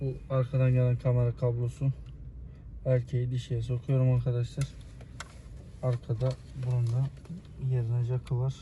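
On a 2021 Dacia Duster getting an Android multimedia screen, the male plug of the rear camera cable is pushed into its female connector while someone talks. A faint click at 5.0 s leads into a sharper click at 5.2 s as the connector seats.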